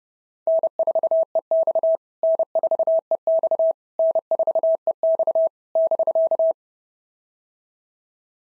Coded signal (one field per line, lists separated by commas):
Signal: Morse code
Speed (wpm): 28 wpm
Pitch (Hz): 660 Hz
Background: none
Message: N4EX N4EX N4EX <BK>